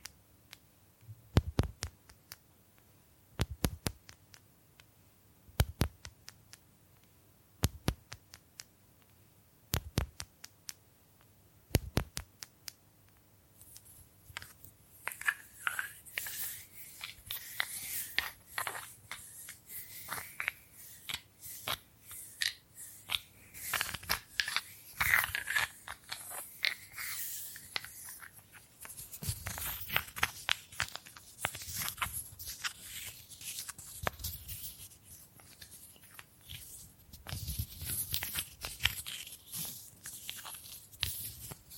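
Bamboo is tapped in sharp, evenly spaced knocks for the first thirteen seconds, roughly one every two seconds. Then comes continuous scratching and brushing, a dense, bright rasping with uneven strokes that thickens and thins, punctuated by occasional harder hits through to the end.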